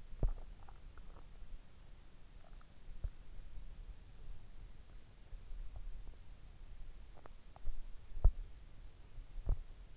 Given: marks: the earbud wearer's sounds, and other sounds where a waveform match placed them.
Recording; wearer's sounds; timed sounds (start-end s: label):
sounds in sleep by an in-ear microphone; teeth grinding
0.00-0.70 s: teeth grinding
7.11-8.52 s: teeth grinding
9.22-9.74 s: teeth grinding